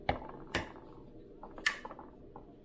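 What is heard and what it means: A pump-style lid is pushed onto an aluminum beer can filled with hot water, with its spout lined up over the can opening. Two sharp clicks ring out at 0.6 s and 1.7 s, among a few softer ticks and handling sounds. The lid is seated on the can.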